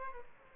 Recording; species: mosquito wingbeat signal from an infrared sensor; Aedes albopictus